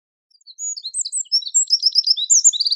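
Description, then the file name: Eurasian wren song, starting after a short silence with high squeaky notes that build into a dense, fast jumble of trills and twittering phrases. "Troglodytes troglodytes"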